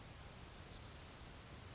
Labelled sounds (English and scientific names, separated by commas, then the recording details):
Grasshopper Sparrow (Ammodramus savannarum)
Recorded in Sonoma County, California